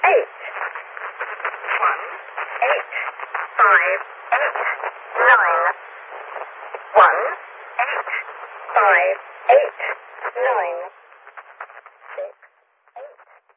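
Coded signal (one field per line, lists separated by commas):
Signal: numbers station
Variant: E03 Lincolnshire Poacher, English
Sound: short spoken words in a steady rhythm over a band-limited shortwave channel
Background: radio static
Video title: Zahlensender / Number Station E03 - The Lincolnshire Poacher - 04.01.1998 - 14:02 UTC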